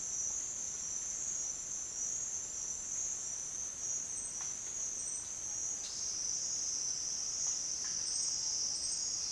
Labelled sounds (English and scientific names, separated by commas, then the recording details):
none
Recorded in dense forest near Puerto Asís, Putumayo, Colombia, on 25 June 2025 at 08:30
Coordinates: 0.468, -76.322
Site GP03